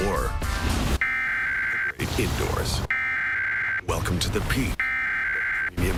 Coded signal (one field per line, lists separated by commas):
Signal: Emergency Alert System (SAME) tones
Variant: header bursts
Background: speech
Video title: Florida Emergency Alert System Required Monthly Test July 20, 2023